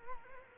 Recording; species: mosquito wingbeat signal from an infrared sensor; Culex quinquefasciatus